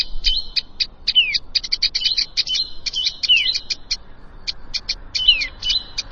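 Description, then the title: Plain prinia song: fast runs of high, buzzy clicking notes, several short bursts broken by a few quick downward slurs. "Ciblek Sawah"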